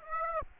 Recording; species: mosquito wingbeat signal from an infrared sensor; Aedes aegypti